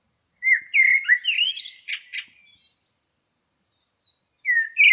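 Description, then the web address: Blackbird giving a rich whistled phrase that breaks into a squeaky twitter, then a pause and the start of another fluty phrase. "Environmental chamber testing blackbird"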